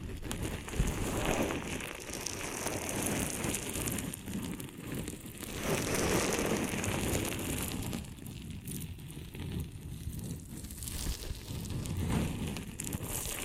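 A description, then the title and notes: Rubbing and scratching from an ear and scalp massage, a dense, crackling rustle that fills the sound from low thumps to bright hiss. It runs continuously with swelling strokes, briefly quieter around eight to ten seconds before building again. ASMR Ear & Scalp Massage and Cleaning Before Sleep (No Talking).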